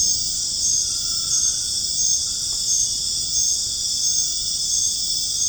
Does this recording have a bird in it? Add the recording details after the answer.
no. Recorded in dense forest near Puerto Asís, Putumayo, Colombia, on 25 June 2025 at 21:30. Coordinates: 0.481, -76.323. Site G072